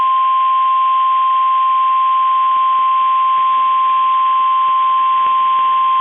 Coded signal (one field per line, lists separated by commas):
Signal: Emergency Alert System (SAME) tones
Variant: 1050 Hz attention tone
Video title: EAS Tornado Warning Dakota And Rice County Minnesota NOAA Weather Radio KEC65 MInneapolis, MN